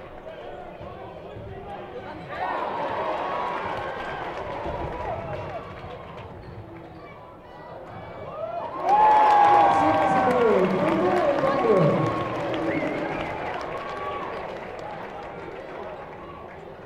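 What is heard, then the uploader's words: Crowd noise fills a basketball game, a dense wash of voices that swells around two seconds and surges louder near nine seconds into loud cheering and shouting. A sharp whistle sounds at about nine seconds, then the roar slowly eases through the end. A stereo recording of a basketball game, about 7 minutes. Plenty of cheering, defense and announcing and whistles.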